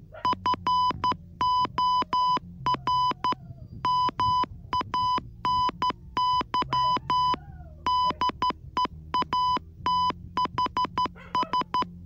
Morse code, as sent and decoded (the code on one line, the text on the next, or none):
..-. --- .-. / -- .- -. -.-- / -.. . .- - .... ...
FOR MANY DEATHS